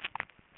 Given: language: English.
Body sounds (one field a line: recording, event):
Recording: throat vibration sensor signal played as sound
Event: swallow